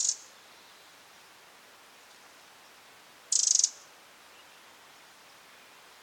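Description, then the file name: Eurasian wren giving harsh churring rattle calls, one full burst midway flanked by clipped bursts at the start and end, otherwise quiet. "Troglodytes troglodytes"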